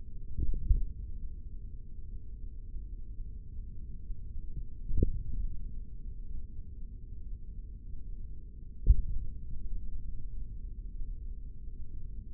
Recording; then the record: forearm muscle sounds (acoustic myography)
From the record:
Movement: finger pinch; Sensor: system 3, bracelet of six PUI Audio POM-2738L microphones around the upper forearm, with dedicated amplification and filtering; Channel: 4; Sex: male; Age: 56 years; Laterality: right